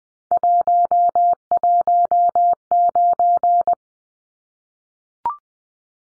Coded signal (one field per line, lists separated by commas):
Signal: Morse code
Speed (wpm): 20 wpm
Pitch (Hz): 700 Hz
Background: none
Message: 119